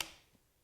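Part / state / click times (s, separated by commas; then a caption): trigger resetting from the disconnector in a semi-automatic rifle's fire control group / released / 0.0 s. During a post-reassembly function check of a Ruger SFAR semi-automatic rifle, the trigger is held back while the action is cycled and then let forward, so it comes off the disconnector and resets in the fire control group. A single sharp metallic click is heard at 0.0 s, followed by a quick decay into near silence. The trigger reset is confirmed as released and working.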